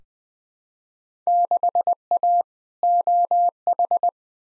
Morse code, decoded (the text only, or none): 6A OH